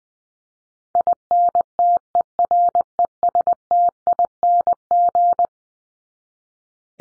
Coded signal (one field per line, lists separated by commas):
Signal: Morse code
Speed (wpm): 20 wpm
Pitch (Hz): 700 Hz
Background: none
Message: INTERESTING